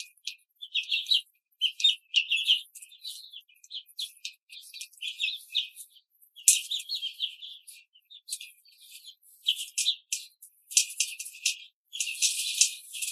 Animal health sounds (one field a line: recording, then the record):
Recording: young laying hens in a cage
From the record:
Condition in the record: control cage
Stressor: none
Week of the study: 5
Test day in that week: 1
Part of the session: 3